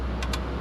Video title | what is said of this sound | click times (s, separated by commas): Special Tool Required! Stretch to Install Serpentine Belt! GM 5.3 | That's the belt snapping into position. | 0.2 s, 0.3 s